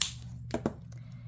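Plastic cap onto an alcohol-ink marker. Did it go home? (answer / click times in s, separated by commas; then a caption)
yes / 0.0 s. A plastic cap is pressed onto an alcohol-ink marker after coloring, giving a sharp click at 0.0 s that shows the cap is fully closed. A few softer taps and knocks follow, with two louder ones near 0.5 s and 0.7 s.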